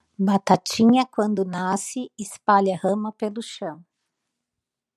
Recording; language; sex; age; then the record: short text; Brazilian Portuguese; female; 50 to 59 years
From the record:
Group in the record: control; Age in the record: 51 years